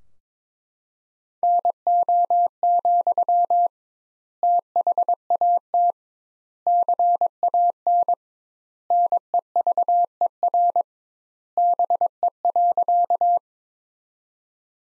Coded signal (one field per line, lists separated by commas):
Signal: Morse code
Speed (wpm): 22 wpm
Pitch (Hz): 700 Hz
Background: none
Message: NO, THAT CAN NEVER BE.